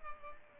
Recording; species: mosquito wingbeat signal from an infrared sensor; Culex pipiens